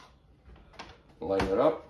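After a filter change, the upper tower of a Dyson Pure Cool Link air purifier is handled and lined up with the latches on its base over the filter, ready to be pushed down. Someone talks while there is light handling noise and a brief tap around 0.8 s. Nothing has seated or clicked yet.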